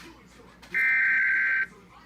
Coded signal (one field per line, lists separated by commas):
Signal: Emergency Alert System (SAME) tones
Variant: header bursts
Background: speech